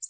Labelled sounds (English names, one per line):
American Redstart flight call